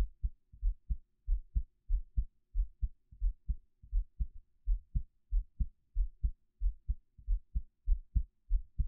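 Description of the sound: Soft, deep paired thumps of an adult heartbeat repeat steadily at about 90 beats a minute, with each lub-dub pair clearly separated by quiet gaps. It is a close-miked heartbeat captured with a 3Dio binaural microphone for ASMR listening, with no talking or other background sound.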